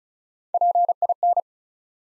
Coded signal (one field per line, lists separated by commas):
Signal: Morse code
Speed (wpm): 36 wpm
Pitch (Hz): 700 Hz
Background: none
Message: PIN